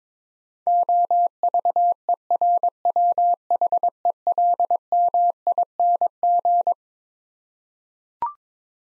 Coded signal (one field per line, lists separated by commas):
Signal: Morse code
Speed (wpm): 21 wpm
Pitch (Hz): 700 Hz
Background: none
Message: OVERWHELMING